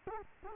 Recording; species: mosquito wingbeat signal from an infrared sensor; Culex quinquefasciatus